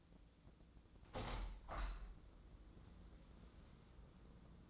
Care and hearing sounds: daily activity, microphone in the room; open window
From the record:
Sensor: 3

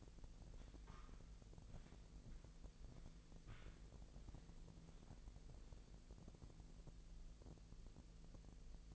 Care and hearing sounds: daily activity, microphone in the room; walk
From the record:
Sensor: 5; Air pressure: 1002.2 hPa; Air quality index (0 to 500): 236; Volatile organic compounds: 25 ppm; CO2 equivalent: 2835 ppm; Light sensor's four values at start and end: 31/73/30/33 and 31/74/31/33

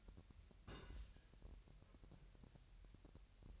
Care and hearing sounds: daily activity, microphone in the room; place on stove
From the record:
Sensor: 2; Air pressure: 1001.9 hPa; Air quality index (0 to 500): 245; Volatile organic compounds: 34 ppm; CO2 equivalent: 3039 ppm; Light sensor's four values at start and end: 5/11/4/5 and 5/11/4/5

